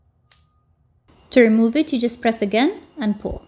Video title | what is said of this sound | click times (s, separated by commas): How to Use The Cricut Foil Transfer Tool Kit - Create Foiled Gift Tags | and it snaps right in | 0.3 s